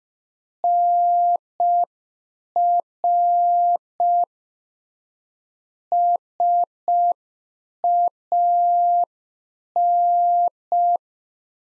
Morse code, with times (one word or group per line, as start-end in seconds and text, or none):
0.6-4.2 NR
5.9-11.0 SAN